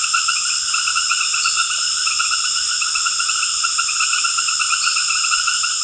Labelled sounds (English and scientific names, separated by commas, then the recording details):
none
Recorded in secondary vegetation near Puerto Asís, Putumayo, Colombia, on 12 March 2025 at 19:00
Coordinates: 0.488, -76.319
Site G095